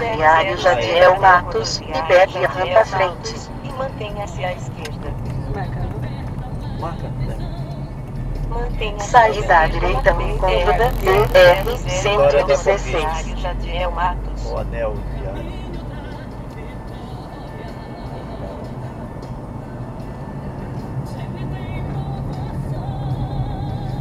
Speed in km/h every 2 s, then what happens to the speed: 46, 40, 36, 35, 38, 42, 46, 48, 49, 46, 41, 39.
0-4 slows to 36. 7-15 speeds up to 49. 15-24 slows to 39.